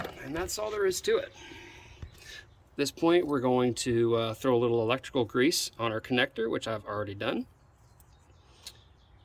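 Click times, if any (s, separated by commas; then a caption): 8.7 s. An electrical connector, already coated with electrical grease, is pushed back onto the vapor canister purge valve of a 2011–2017 5.0 F150/Mustang. Someone talks first, then after a quiet pause the connector clicks in and seats at 8.7 s.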